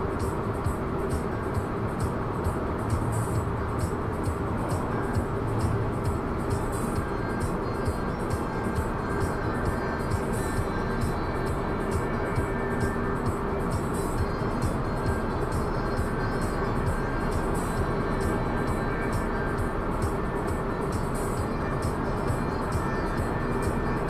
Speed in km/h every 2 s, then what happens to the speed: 109, 108, 107, 109, 110, 111, 112, 115, 115, 115, 115, 114.
0-24 steady at about 111.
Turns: none.